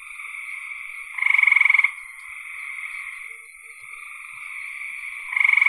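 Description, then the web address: Frog calls: a loud pulsed trill lasting under a second, then softer continuous buzzing, and another loud trill beginning at the end. "cn frogs"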